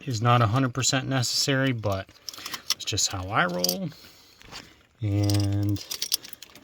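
Someone talks while handling a plastic electrical plug from the wiring harness, coated with dielectric grease, as it is brought to the A/C compressor clutch connector on a 1999–2004 Jeep Grand Cherokee 4.0. A few small, sharp handling sounds come near the end, around 6.1 to 6.7 seconds. Nothing has seated or clicked yet.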